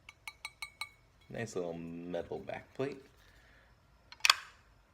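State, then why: Seated. A metal battery back plate is pressed onto the battery compartment of a Wismec Reuleaux RX200s box vape mod, after five quick light taps in the first second and someone talking. It snaps into place with a sharp double click at 4.2 and 4.3 s. The plate is seated but stays a bit wiggly up and down.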